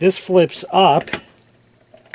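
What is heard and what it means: A battery pack with a flip-up part is handled while being fitted onto a portable Zip drive, as someone talks. The talk fades into quiet handling noise, and a short sharp sound comes at 2.1 s, right at the end. Nothing has seated or clicked into place yet.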